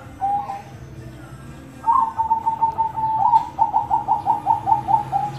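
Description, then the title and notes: Zebra dove song: a brief soft coo, then a long run of rapid, bubbling trilled coos near one pitch. Zebra dove song used as a tutor recording for mastering, teaching other birds the song. "Kupulan Burung Perkutut. burung perkutut yang bisa digunakan untuk memaster"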